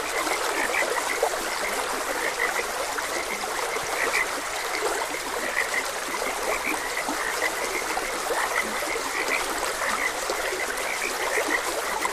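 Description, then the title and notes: Continuous frog chorus of many short croaks, with flowing stream water filling the background. Frogs croaking beside a gentle stream. "Gentle Stream and Frogs Croaking. Sleep and Relaxation Podcast"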